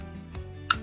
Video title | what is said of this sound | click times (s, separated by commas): Pop On Veneers gave me confidence! 💙 #shorts | you can hear them snap and here's my new smile | 0.7 s